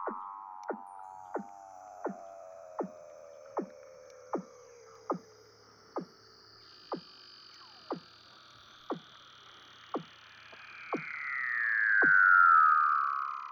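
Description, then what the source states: Weddell seal descending chirps, each a quick downward sweep repeated every three-quarters of a second to a second, the gaps slowly widening, with a long gliding whistle that falls in pitch and swells loudly near the end. Antarctica.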